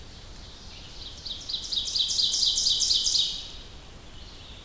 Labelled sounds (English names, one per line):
Ovenbird song